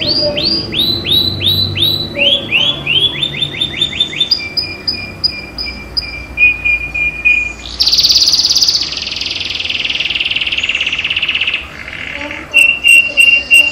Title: HOBI BURUNG : Si Jenggo kenari rasa Lovebird